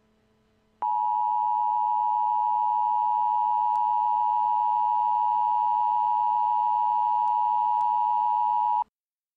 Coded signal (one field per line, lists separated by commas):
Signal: Emergency Alert System (SAME) tones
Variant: 853 and 960 Hz attention tone